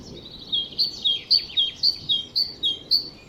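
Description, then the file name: Great tit singing a ringing see-saw phrase, a high note then a lower one, repeated at a quick even pace over faint background hiss. "Parus major"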